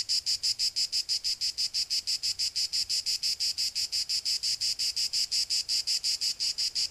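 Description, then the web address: Cicada song, a shrill rasping buzz throbbing in fast regular pulses, continuous throughout over a quiet background. "cicadas euroblues"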